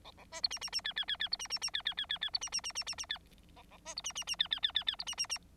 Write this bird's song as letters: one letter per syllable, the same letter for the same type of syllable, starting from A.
A A B C D D D E E E E C D D D E E E E E C D D D D D D E A A B C D D D E E E E E C D D D